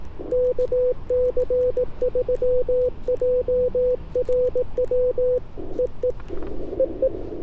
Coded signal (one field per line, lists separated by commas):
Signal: Morse code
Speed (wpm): 18 wpm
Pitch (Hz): 500 Hz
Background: none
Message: KC3JRW E E E E